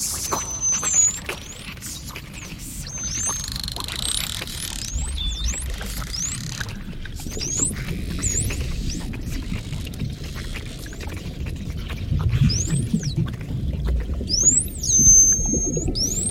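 Dolphins whistle underwater in repeated high rising and falling chirps, with scattered clicks over a steady low rumble of water noise. Nobody speaks.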